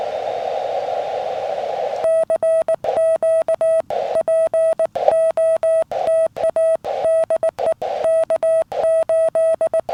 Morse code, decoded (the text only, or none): CQ POTA DE K8